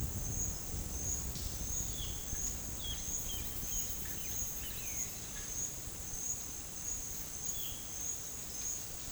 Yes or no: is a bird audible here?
yes